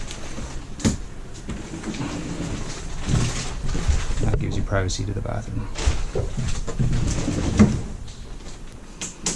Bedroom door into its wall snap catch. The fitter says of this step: make sure that's snapped in place while you're traveling so the door doesn't smash and do damage to anything up